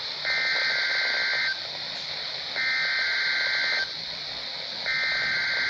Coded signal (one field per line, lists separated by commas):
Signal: Emergency Alert System (SAME) tones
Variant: header bursts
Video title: EAS #538-540 - Required Weekly Tests